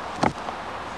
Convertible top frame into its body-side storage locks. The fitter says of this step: press down on the middle of the top until you hear a click which